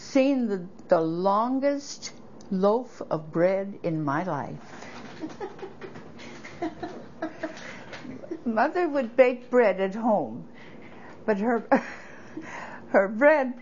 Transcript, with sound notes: Seeing the longest loaf of bread in my life. (laughs) Mother would bake bread at home but ( she laughs ) her bread